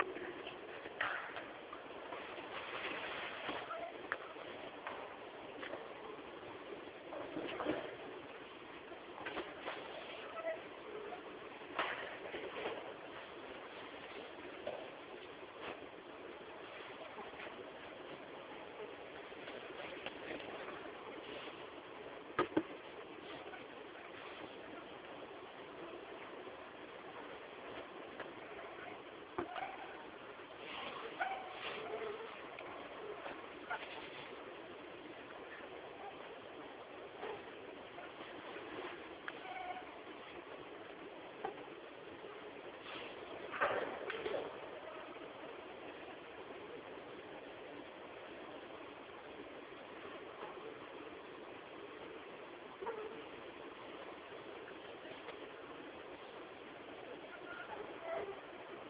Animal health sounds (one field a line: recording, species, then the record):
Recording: mosquito flight sound by mobile phone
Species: Anopheles albimanus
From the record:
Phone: Samsung T209